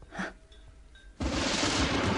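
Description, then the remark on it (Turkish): After a second of near quiet with faint tones, a loud crash of thunder from an approaching storm bursts in and keeps roaring as a dense, steady rumble to the end. “Anlaşılan çok şiddetli bir fırtına olacak bu.”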